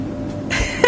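Under a steady low hum, a short gurgling rumble starts halfway through and ends in a brief higher-pitched squeak, all in under a second. These are ordinary bowel sounds from gas and fluid moving through an adult's gut, picked up with a stethoscope on the abdomen.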